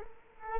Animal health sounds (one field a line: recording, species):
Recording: mosquito wingbeat signal from an infrared sensor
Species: Culex quinquefasciatus